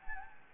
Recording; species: mosquito wingbeat signal from an infrared sensor; Anopheles gambiae